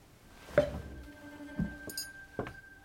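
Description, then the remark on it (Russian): A woman drinks from a wine glass, with a few sharp glass clinks spaced across the moment, each leaving a faint, steady ringing tone. No one speaks. “Она свирепо смотрит на них, отпивает из бокала и уходит.”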